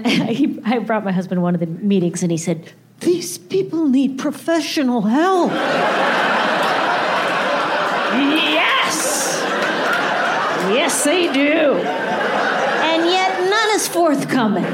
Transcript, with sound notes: I brought my husband to one of the meetings, and he said, these people need professional help.
(LAUGHTER)
Yes. Yes, they do. And yet none is forthcoming.